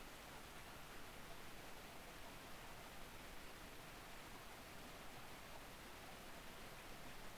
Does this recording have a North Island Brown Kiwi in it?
no